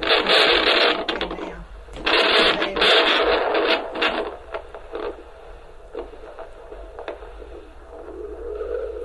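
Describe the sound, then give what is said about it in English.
Fetal doppler monitor sound echoing through the placenta, picking up the baby: loud, rhythmic whooshing and throbbing bursts of static for the first few seconds, then softer, fainter pulsing swishes with no one talking. “That echoes through the placenta. There's our baby.”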